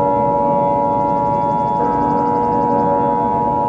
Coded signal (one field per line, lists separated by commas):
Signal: Emergency Alert System (SAME) tones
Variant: 853 and 960 Hz attention tone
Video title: EAS mini scenario The Solar Flare Destruction